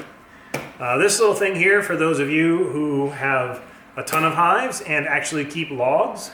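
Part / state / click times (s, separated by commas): plastic entrance closer into a plastic beehive body / seated / 0.5 s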